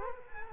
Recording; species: mosquito wingbeat signal from an infrared sensor; Culex quinquefasciatus